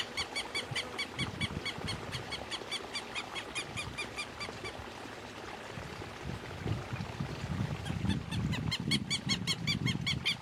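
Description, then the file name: Southern lapwing giving rapid strident repeated calls in a steady series, pausing midway then resuming, over low rumbling background noise. "canto do quero quero"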